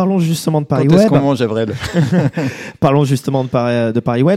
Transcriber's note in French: rires